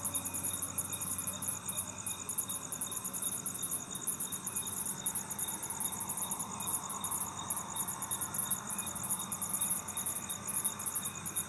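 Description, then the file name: Cricket chirping: rapid, very high-pitched pulses repeated steadily throughout, over a constant thin whine and a faint low background hum. "grillo"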